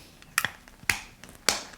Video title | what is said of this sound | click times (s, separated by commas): Elekit TU-8900VK Single Ended Tube Amp build: Assembly (3/4) | Cool, it snaps into place, and then the knob | 0.4 s, 0.9 s, 1.5 s